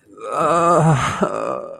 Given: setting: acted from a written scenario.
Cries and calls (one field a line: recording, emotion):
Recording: vocal sound without words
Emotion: sadness